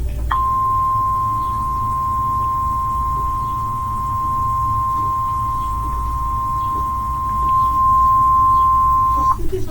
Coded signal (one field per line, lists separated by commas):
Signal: Emergency Alert System (SAME) tones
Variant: 1050 Hz attention tone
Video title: EAS 37 Severe Thunderstorm Warning for Burnet (TX)